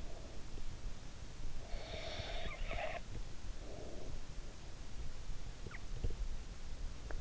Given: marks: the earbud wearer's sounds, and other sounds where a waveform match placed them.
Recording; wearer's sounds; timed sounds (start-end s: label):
sounds in sleep by an in-ear microphone; breath
1.64-4.44 s: breath